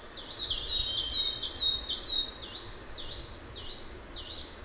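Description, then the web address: Coal tit giving a steady string of thin, high, falling notes, about two each second, clear over quiet background. Recorded in Valsolda. "cibra valsolda. Cincia mora"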